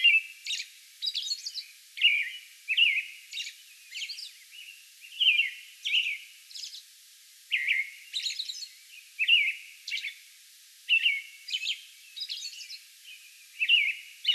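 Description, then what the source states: American robin singing a steady string of short caroling whistles mixed with high, scratchy squeaks between phrases. May 11; song bout.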